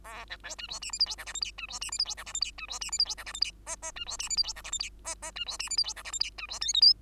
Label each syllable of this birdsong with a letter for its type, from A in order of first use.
A B C D E F G H I J K L M D E F G H I J K L M D E F G H I J K L M N N D E F G H I J K L M N N D E F G H I J K L M D E O P Q